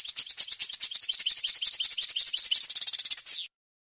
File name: audio burung goldfinch